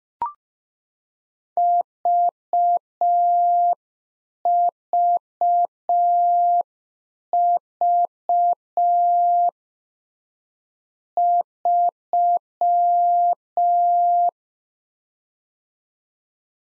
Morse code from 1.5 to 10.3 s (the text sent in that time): VVV